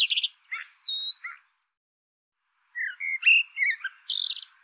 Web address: cianscape birddata Deverinetal 2025 File cleaned normalized Bird Tu Me Tu Me